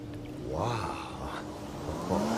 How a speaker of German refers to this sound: Moment mal. Was ist? Da kommt ein Auto die Auffahrt hoch.